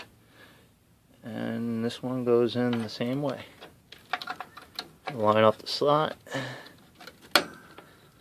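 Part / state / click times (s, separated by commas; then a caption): RAM module into motherboard memory slot / seated / 7.4 s. Someone talks while lining up a second RAM stick with the slot key of a motherboard memory slot, with a few light ticks between 3.9 and 4.8 s. The stick is pushed down until the retention clips latch with one loud, sharp click at 7.4 s, and the module is seated.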